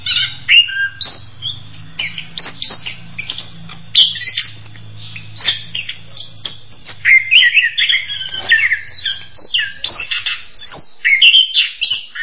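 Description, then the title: Bird song, dense and varied, with rapid high chirps, squeaky notes and short trills over a low steady hum for most. "kikicau"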